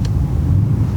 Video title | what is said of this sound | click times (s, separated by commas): Coleman Pack-Away Cot Unboxing and Setup | just snaps open like this it's | 0.1 s